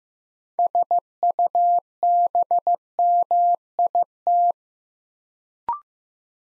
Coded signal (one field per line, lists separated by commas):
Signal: Morse code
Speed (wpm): 15 wpm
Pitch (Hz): 700 Hz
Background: none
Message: SUBMIT